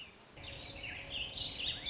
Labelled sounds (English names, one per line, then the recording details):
Warbling Vireo
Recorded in Sonoma County, California